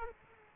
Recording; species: mosquito wingbeat signal from an infrared sensor; Aedes aegypti